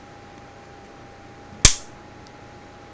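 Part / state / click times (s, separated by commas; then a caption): firing pin stop plate on pistol slide / seated / 1.7 s. With the firing pin held down by a tool, the metal retaining door, the firing pin stop plate, is slid over it on the slide of a Colt 1991A1/1911 pistol. It snaps up into place with a single sharp, bright click at 1.7 s that rings out briefly over a quiet background with a faint steady tone. The stop plate is seated.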